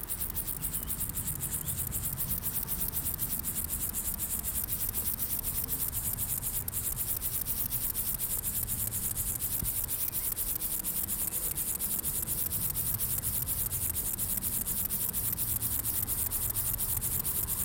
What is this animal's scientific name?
Chorthippus brunneus